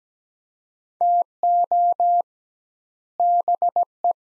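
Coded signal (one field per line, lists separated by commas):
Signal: Morse code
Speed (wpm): 17 wpm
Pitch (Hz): 700 Hz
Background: none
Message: TO BE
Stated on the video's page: Morse practice at 17 wpm, sets of three words with double word spacing, a Farnsworth-like method for head-copying phrases.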